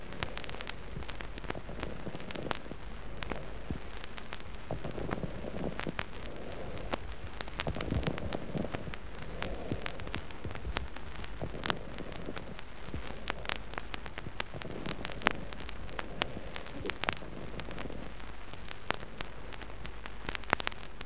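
Adult chest heard by stethoscope: bronchophony is weakened over the area of dull percussion note and increased above the level of the exudate, as in exudative pleurisy with pleural effusion.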